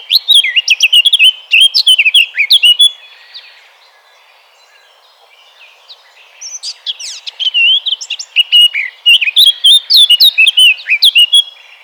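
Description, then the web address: Eurasian blackcap song, two phrases of quick, varied warbling notes separated by a few seconds of quiet, each rich and fluty with rapid twists. "vogelstimmen moenchsgrasmuecke gesang nabu lars lachmann"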